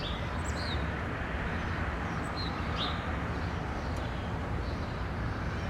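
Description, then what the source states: Birds: a few faint, brief high chirps scattered throughout, heard against constant blowing wind and a low rumble of traffic. Recorded from a balcony over an alley in winter, with blowing snow and distant traffic.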